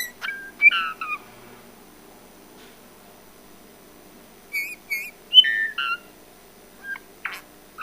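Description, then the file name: Eurasian bullfinch calls: short whistled notes with harmonic overtones, some falling in pitch, a few at first, then more after a long quiet gap, with a few brief clicks. "Pyrrhula pyrrhula"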